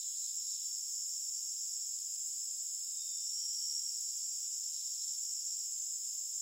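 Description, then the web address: Cricket: insects and crickets keep up a continuous shrill hiss, even in level throughout. Forest ambience loop with crickets and insects. "Sound Effects-Blastwave AMBIENCE Forest Birds. forest birds crickets insects loop"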